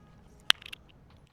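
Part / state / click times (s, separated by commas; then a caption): elevator pushrod ball-joint link onto the control horn ball of a foam RC airplane / seated / 0.5 s. A pair of pliers squeezes the plastic ball-joint pushrod link for the elevator onto the ball of the control horn on a foam RC airplane. A single sharp, bright click rings out at 0.5 s, followed by a few faint ticks around 0.7 s. The link pops on and is seated.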